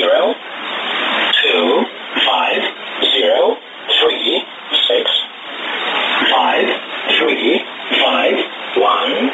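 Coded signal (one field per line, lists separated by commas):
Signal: numbers station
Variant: E07a English Man, English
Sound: male voice reading short evenly spaced words, like numbers, over a narrow radio channel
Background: radio hiss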